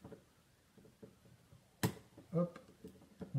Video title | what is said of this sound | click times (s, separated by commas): Unboxing & Review - Shiryu OCE GT | On entend bien, ça s'enclenche bien. | 1.8 s